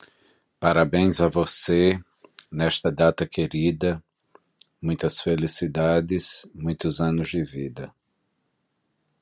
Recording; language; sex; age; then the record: short text; Brazilian Portuguese; male; 40 to 49 years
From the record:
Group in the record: control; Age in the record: 48 years